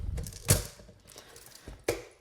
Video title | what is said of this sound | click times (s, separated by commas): AMZCHEF Coffee Grinder Test: Grind Quality & Performance Review | Okay. So, now it's clicked into place. | 1.9 s